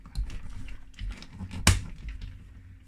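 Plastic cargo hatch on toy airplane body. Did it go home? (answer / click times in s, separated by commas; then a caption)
yes / 1.7 s. A hinged plastic cargo hatch on the body of a toy cargo plane is being closed. Soft clicks and rustles from handling lead up to a loud, sharp snap at 1.7 seconds as the hatch snaps shut and seats.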